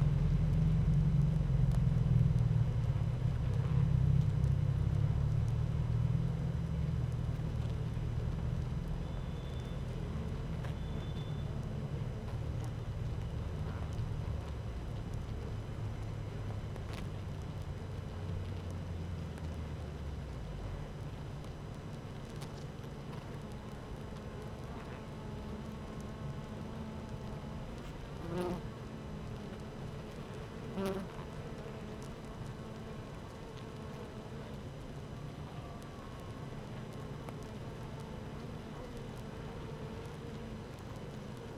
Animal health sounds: honeybee colony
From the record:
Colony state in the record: active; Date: 12 June 2018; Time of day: 15:06

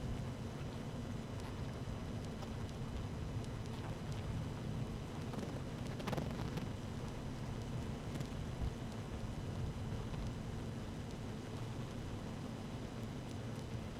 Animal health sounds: honeybee colony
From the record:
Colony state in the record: active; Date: 12 June 2018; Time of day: 13:38

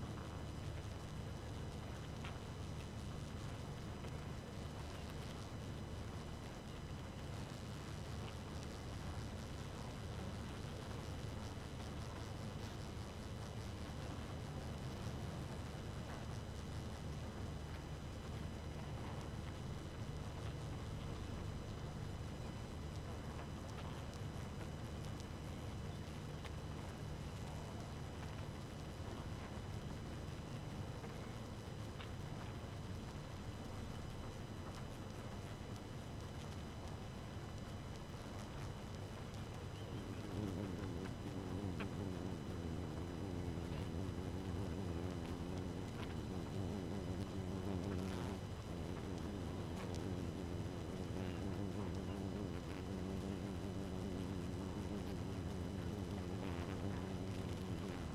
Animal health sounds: honeybee colony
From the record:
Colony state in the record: active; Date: 12 June 2018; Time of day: 2:48

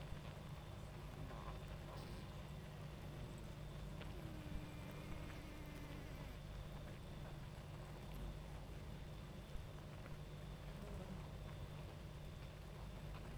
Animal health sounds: honeybee colony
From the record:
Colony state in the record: active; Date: 28 July 2017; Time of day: 22:23

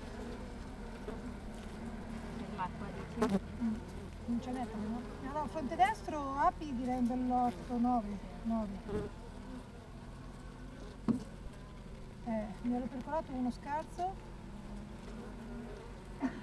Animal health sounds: honeybee colony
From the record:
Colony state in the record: active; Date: 28 July 2017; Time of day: 8:03

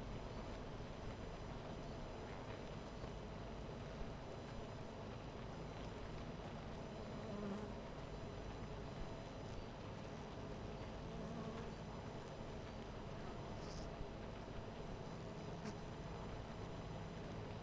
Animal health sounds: honeybee colony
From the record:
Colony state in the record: missing queen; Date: 14 July 2017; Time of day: 11:59

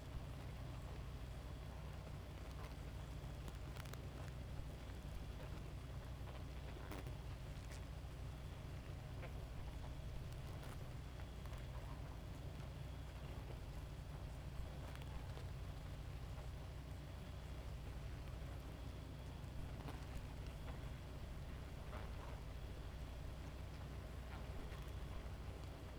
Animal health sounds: honeybee colony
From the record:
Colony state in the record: active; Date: 28 July 2017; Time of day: 2:18

